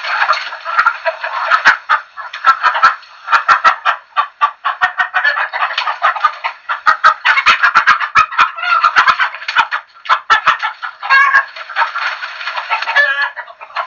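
Chicken: fowl clucking rapidly in a crowd, dense stream of short clicking clucks with occasional longer, harsher notes late in the recording.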